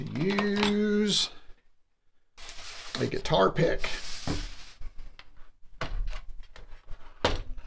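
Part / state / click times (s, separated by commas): plastic keycap on a computer keyboard / released / 7.2 s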